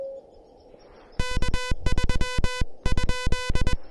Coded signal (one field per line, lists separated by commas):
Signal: Morse code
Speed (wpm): 20 wpm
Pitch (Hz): 1500 Hz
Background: none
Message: K3 ?